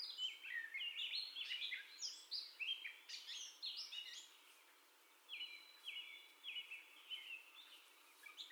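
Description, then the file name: Gray catbird song: rapid jumbled squeaky phrases, then a brief lull followed by a few clearer whistled notes and more chatter. First song, recorded 30 May 2021. "2021-05-30 Catbird First Song"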